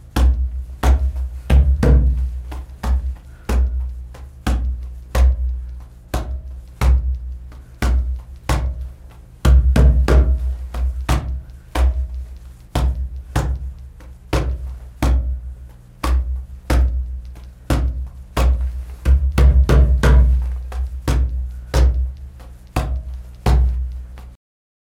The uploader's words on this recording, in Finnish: Jäästä tehty udu rumpusoitin antaa muhkean soinnin. Jäämestari Juuso Partanen soittaa jäästä tehdyllä udu rummulla.